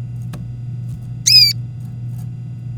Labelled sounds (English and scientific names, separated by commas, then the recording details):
Domestic Canary (Serinus canaria) song
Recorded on 24 April 2018 at 18:28
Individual llb3